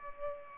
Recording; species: mosquito wingbeat signal from an infrared sensor; Culex pipiens